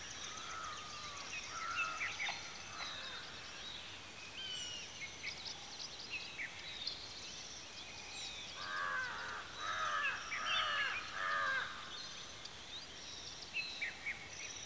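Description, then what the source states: Bird chorus of high chirps and twitters, joined midway by a cluster of harsh, rasping caw-like calls repeated several times in quick succession. Birds at a watering hole in the afternoon.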